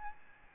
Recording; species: mosquito wingbeat signal from an infrared sensor; Aedes albopictus